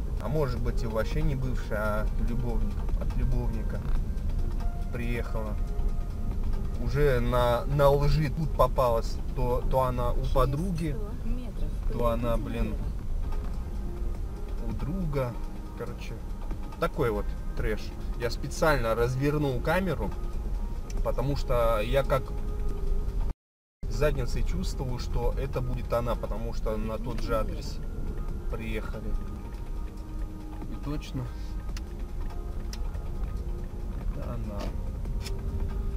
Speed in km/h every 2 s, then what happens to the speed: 17, 18, 17, 15, 14, 13, 10, 6, 9, 10, 11, 15, 15, 16, 12, 8, 15, 19.
0-15 slows to 6. 15-24 speeds up to 15. 24-30 slows to 8. 30-36 speeds up to 19.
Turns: 19-21, 29-36.